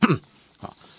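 Two abrupt, short voiced catches, a sharp, thin 'ge ge' sound: an adult imitating a hiccup, from sudden contraction of the diaphragm and inspiratory intercostal muscles that expands the lungs and draws in air while the vocal cords close at the same moment.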